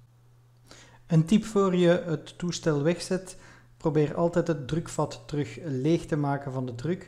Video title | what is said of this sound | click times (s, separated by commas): De juiste druk afstelling van de compressor - 7 - Airbrush voor beginners | dan duw je de zwarte knop opnieuw naar beneden zodanig dat die vergrendeld is en dat je steeds dezelfde druk hebt | 0.7 s